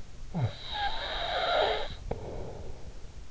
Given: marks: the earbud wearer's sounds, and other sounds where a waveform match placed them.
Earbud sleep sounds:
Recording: sounds in sleep by an in-ear microphone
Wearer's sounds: snoring breath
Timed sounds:
0.12-3.31 s: snoring breath

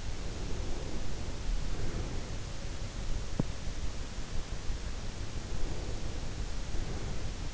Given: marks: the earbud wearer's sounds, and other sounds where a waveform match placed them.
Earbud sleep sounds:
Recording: sounds in sleep by an in-ear microphone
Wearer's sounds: breath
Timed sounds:
0.40-2.71 s: breath
5.24-7.54 s: breath

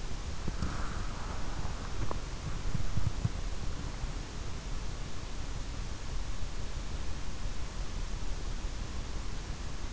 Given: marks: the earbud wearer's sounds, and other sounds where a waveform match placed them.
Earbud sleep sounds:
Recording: sounds in sleep by an in-ear microphone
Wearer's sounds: body movement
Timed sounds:
0.00-3.54 s: body movement

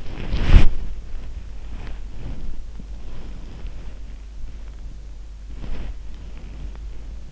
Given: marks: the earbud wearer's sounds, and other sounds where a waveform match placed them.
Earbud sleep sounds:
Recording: sounds in sleep by an in-ear microphone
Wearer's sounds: body movement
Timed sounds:
0.00-0.78 s: body movement
1.73-4.16 s: body movement
5.48-7.19 s: body movement

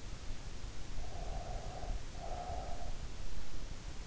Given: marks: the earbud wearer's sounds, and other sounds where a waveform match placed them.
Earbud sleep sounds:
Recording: sounds in sleep by an in-ear microphone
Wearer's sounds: breath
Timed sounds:
0.96-3.08 s: breath

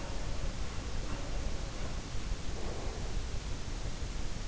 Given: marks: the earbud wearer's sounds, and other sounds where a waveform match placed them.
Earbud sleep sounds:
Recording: sounds in sleep by an in-ear microphone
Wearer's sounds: breath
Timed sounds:
0.00-2.17 s: sound from someone else or the room
1.01-3.14 s: breath

